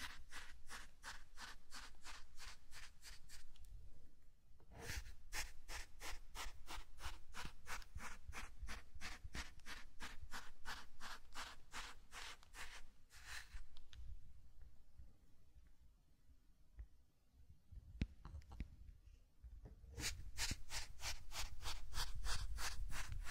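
Sand in a zen garden is brushed in quick, regular back-and-forth strokes, a rough rubbing rasp repeating about three to four times per second. The strokes soften and thin out around the middle, with a few sharp taps, then return strongly near the end.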